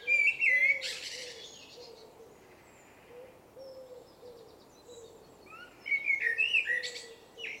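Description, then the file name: Eurasian blackbird song: a mellow fluted phrase ending in a squeaky twitter, a long pause, then another fluted, twittering phrase, over repeated soft low hooting notes. "Turdus merula"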